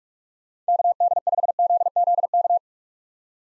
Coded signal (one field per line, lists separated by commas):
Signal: Morse code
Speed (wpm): 46 wpm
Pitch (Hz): 700 Hz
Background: none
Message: KD5ZZK